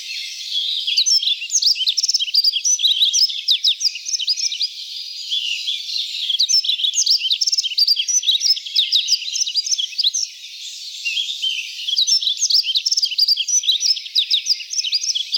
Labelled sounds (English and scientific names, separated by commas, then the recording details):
Yellow-throated Bunting (Emberiza elegans) song
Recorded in the wild
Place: Ussuriskij-Reservat, RU
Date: 1994-06-08
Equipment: Dat-Recorder Casio DA 7, Telinga DAT, Telinga-Parabolspiegel
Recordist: Schwarz, Dieter
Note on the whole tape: Song